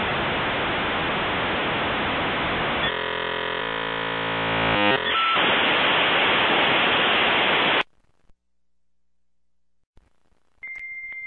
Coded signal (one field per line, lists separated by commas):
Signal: dial-up modem handshake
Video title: Dial-Up Sound for 10 Hours